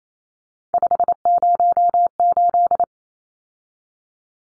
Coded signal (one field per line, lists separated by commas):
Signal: Morse code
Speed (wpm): 28 wpm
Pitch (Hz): 700 Hz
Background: none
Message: 508